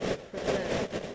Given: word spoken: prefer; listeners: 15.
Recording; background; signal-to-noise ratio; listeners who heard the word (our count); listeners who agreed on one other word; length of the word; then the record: one English word in noise, from a listening test; noise modulated by three-talker babble; -7.9 dB; 0 of 15; 10 of 15; 0.75 s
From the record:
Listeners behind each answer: 10, 2, 1, 1, 1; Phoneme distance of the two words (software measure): 17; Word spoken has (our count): 2 syllables, 5 phonemes, stress on syllable 2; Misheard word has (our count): 2 syllables, 6 phonemes, stress on syllable 2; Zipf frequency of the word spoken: 4.48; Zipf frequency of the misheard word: 3.99